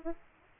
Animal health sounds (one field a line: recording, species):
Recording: mosquito wingbeat signal from an infrared sensor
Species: Aedes aegypti